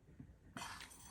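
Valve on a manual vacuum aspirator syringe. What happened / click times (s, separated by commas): The plastic valve snapped open and released the vacuum / 0.6 s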